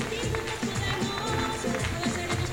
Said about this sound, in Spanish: Muy bien, fuerte el aplauso de nuevo para nuestro camarada